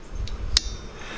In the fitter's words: nicely back into her keeper then you'll hear that nice little audible click i'll do that for you again so you can hear it